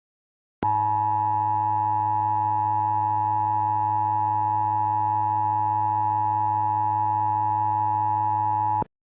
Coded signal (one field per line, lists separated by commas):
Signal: Emergency Alert System (SAME) tones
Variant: 853 and 960 Hz attention tone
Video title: EAS SCENARIO #8 - Countries are Disappearing!